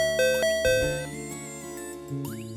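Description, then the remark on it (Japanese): A bright ding-dong chime rings out, its bell-like tones struck a few times in quick succession and left to ring and fade, with no voices present. “ピンポンも持ってるみたいだし。”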